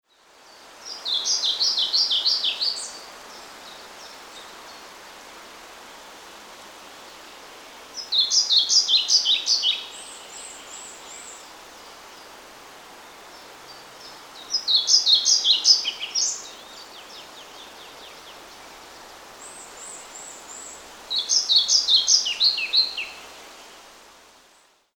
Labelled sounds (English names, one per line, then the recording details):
European Pied Flycatcher
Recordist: Frommolt, Karl-Heinz
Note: Gesang